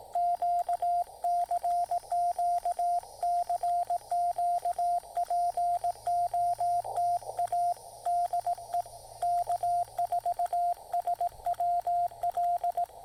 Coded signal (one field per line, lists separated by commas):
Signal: Morse code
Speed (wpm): 18 wpm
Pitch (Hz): 700 Hz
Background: radio noise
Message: QCQ CQ POTA DE K4SWL